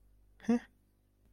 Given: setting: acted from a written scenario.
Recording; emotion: vocal sound without words; confusion